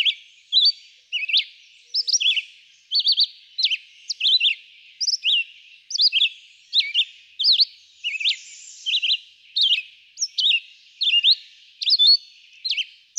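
Red-eyed vireo singing a series of short whistled phrases, rising and dropping, with short pauses throughout.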